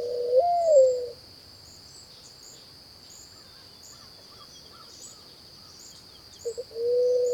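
Mourning dove giving a soft rising-then-falling coo, a long quiet pause with faint chirps, then another low coo starting at the end.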